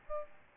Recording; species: mosquito wingbeat signal from an infrared sensor; Aedes albopictus